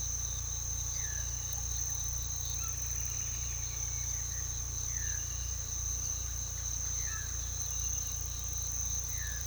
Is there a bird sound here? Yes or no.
yes